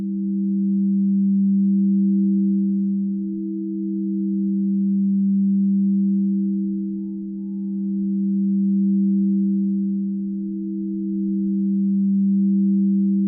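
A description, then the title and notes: A singing bowl rings with a steady, pure low hum, two close tones layered together around the middle-low range. The sound barely changes over the clip, swelling and dipping gently in loudness every few seconds, with slight dips near 3 and 7 seconds. Singing Bowels Sounds Relaxing.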